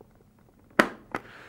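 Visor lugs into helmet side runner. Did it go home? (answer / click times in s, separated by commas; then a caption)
yes / 0.8 s. On a Bell Broozer motorcycle helmet, the visor lugs on the second side are pushed into the grey runner between the shell and the EPS. A loud, sharp click at 0.8 s shows the lug has seated, followed by a softer second click at 1.1 s.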